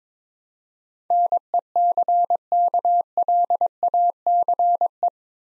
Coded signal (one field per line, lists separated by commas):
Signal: Morse code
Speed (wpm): 23 wpm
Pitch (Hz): 700 Hz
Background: none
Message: NECKLACE